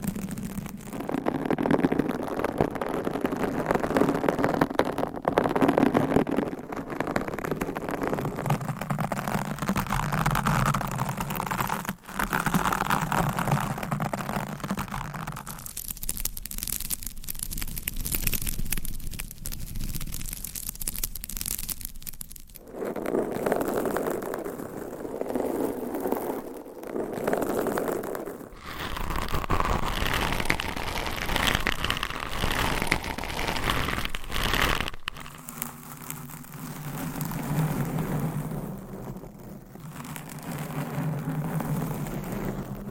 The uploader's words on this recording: ASMR with 400 MICS!Different Mic Covers & Nails Mic Scratching , Massage & More No Talking.